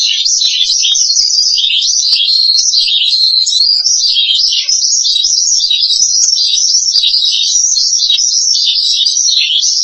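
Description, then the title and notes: Starling singing a steady stream of high, buzzy chatter, the pitch wavering up and down throughout with no breaks. "suara burung jalak"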